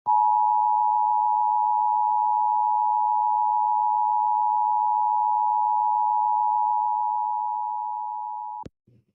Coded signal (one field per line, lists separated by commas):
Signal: Emergency Alert System (SAME) tones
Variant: 853 and 960 Hz attention tone